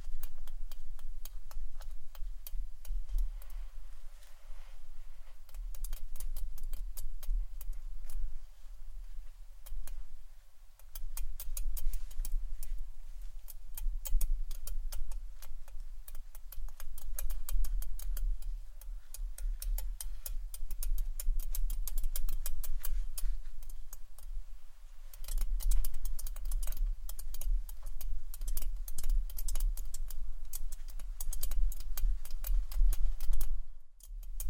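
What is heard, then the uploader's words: Quick, light tapping on a camera, a dense patter of small clicks that runs the whole time with brief pauses near 10 and 25 seconds and a stop at the very end. A steady low hum sits underneath throughout. ASMR FACE TAPPING Camera Tapping （No Talking）.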